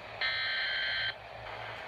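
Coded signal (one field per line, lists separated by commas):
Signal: Emergency Alert System (SAME) tones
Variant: header bursts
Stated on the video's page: Tones self-activated on a NOAA Weather Radio, played from an iPod 4G or older through a 3.5 mm headphone-to-AUX cable.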